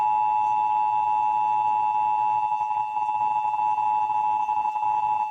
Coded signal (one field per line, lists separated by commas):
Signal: Emergency Alert System (SAME) tones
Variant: 853 and 960 Hz attention tone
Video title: (EAS #773) Severe Thunderstorm Warning (WBAP-AM)